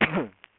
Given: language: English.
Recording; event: throat vibration sensor signal played as sound; cough